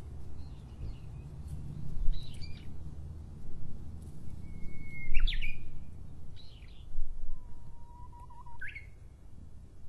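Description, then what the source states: Japanese bush warbler song: two phrases, each a sustained whistle, one higher and one lower, ending in a sudden sharp flourish. Other short bird notes are scattered between them. Recorded in 2012.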